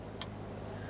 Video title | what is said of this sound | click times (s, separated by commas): How to Replace Fuel Injection Pressure Regulator 2010-2013 Kia Forte Koup 2.4L L4 | we'll take this one press it in listen for a click | 0.2 s